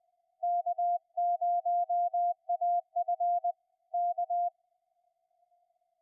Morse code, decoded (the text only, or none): K0AF K